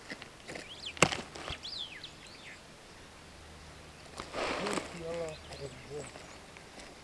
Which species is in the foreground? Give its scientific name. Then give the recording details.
Lamprotornis superbus. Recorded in Kenya on 6 July 2010. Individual 19, of group CF2